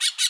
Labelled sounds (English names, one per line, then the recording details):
Brown-throated Parakeet contact call
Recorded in Bonaire
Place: just S of turnoff to Cai, near Lac Bay
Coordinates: 12.126, -68.239